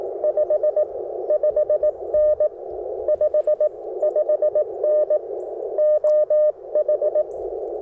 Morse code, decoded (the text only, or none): 55N 55N OH